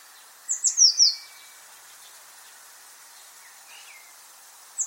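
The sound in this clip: Eurasian blue tit call: a rapid run of four thin, high-pitched notes stepping downward, followed by quiet with a faint lower chirp and a final high note.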